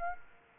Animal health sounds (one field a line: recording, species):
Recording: mosquito wingbeat signal from an infrared sensor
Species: Aedes aegypti